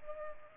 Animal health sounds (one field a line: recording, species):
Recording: mosquito wingbeat signal from an infrared sensor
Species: Culex pipiens